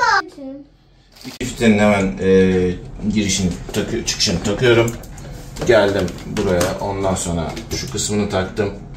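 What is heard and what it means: A filter's inlet/outlet fitting is being handled and pushed toward its place in an LG Plus++ water purifier housing during a filter change, while someone talks. A brief knock-like sound is heard at 1.2 s. Nothing has seated or clicked yet.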